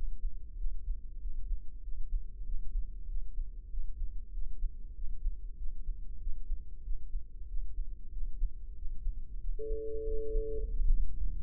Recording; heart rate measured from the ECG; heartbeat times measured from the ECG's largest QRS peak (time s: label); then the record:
heart sounds by microphone in the left ear; 95 bpm
0.60 s: heartbeat
1.23 s: heartbeat
1.85 s: heartbeat
2.47 s: heartbeat
3.10 s: heartbeat
3.73 s: heartbeat
4.35 s: heartbeat
4.97 s: heartbeat
5.59 s: heartbeat
6.22 s: heartbeat
6.86 s: heartbeat
7.50 s: heartbeat
8.14 s: heartbeat
8.78 s: heartbeat
9.42 s: heartbeat
10.07 s: heartbeat
10.72 s: heartbeat
11.36 s: heartbeat
From the record:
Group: healthy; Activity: rest 0-10 s, breath hold 10-12 s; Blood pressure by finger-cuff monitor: 132/71 mmHg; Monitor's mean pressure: 89 mmHg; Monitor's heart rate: 95 bpm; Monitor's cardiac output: 8.1 L/min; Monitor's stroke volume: 85 mL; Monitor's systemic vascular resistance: 800 dyn s/cm5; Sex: male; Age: 21 years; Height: 175 cm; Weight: 72.6 kg